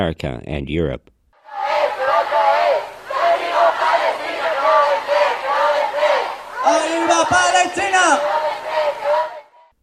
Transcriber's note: sounds of chanting from protesters